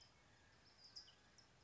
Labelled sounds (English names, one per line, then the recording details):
California Towhee
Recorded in Sonoma County, California